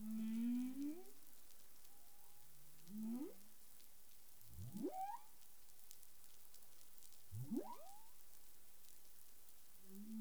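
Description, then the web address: Humpback whale sounds: a moaning tone with harmonics, then upswept whoops and rising cries, several units over a steady background hiss. 19 April 2021, 08:20 UTC. "CARIMAM. humpback whale 20210419 082042 UTC"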